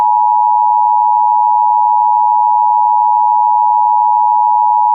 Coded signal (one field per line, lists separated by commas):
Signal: Emergency Alert System (SAME) tones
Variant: 853 and 960 Hz attention tone